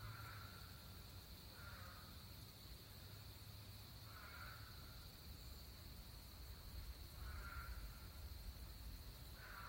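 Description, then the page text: Eastern spadefoot, repeated short moaning calls at uneven intervals of about one and a half to three seconds, set against a steady high-pitched drone and faint low-frequency noise. Recorded in Maryland. "Eastern Spadefoot by Andrew Durso"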